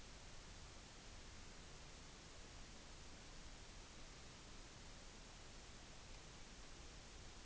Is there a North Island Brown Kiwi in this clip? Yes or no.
no